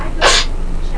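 A single short sneeze from an adult: a brief broadband burst of noise lasting about a quarter of a second.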